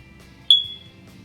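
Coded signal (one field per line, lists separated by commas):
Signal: alarm pattern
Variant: smoke alarm low-battery chirp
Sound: one brief high-pitched chirp that fades quickly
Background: quiet room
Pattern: 1 short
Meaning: Battery is low or dead; replace it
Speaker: usually it'll make a sound kind of like this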